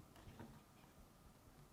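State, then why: Not seated. A plastic ice auger shaft seal retainer clip (part W10847834) for a Whirlpool refrigerator is aligned by its tabs, text facing up, and pressed down into the ice dispenser housing. Only faint, soft handling ticks and light rustling are heard over a low steady background. The clip has not snapped or seated yet.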